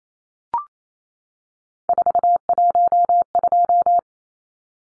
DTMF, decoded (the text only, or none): none